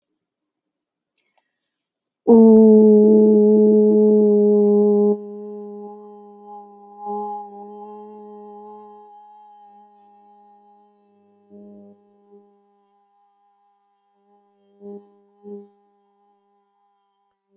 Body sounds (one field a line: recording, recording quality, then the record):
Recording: sustained vowel as in boot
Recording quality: excellent, no background noise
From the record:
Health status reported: healthy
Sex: female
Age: 32 years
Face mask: not worn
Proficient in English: yes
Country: United States